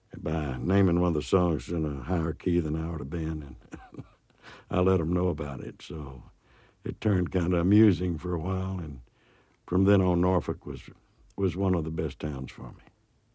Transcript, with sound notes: by naming one of the songs in a higher key than I ought to have been. And...
(LAUGHTER)
...I let them know about it, so it turned kind of amusing for a while. And from then on Norfolk was one of the best towns for me.